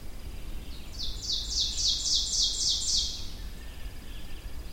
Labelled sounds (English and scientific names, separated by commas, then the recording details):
Ovenbird (Seiurus aurocapilla) song
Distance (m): 20 m
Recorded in boreal forest in Alberta, Canada, on 22 June 2016 at 06:39
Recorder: SongMeter 3, array SBT-6-76
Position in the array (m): 162 m, 130 m
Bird 3